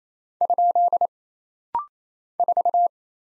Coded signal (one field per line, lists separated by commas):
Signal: Morse code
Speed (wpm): 28 wpm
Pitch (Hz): 700 Hz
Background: none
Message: ? 4